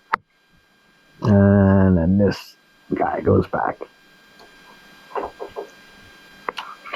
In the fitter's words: It snaps right in.